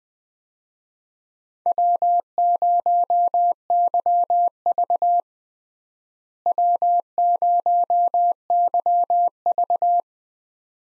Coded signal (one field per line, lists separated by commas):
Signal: Morse code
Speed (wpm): 20 wpm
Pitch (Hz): 700 Hz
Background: none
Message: W0YV W0YV